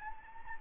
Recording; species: mosquito wingbeat signal from an infrared sensor; Anopheles gambiae